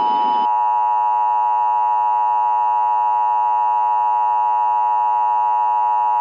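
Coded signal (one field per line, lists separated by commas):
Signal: Emergency Alert System (SAME) tones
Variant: 853 and 960 Hz attention tone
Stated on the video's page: Fictional scenario alert titled 'The sky is falling', presented in real time.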